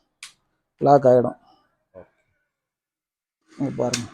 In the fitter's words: இது இழுத்தா அப்படியே ஏறும், லாக் ஆகிடும்.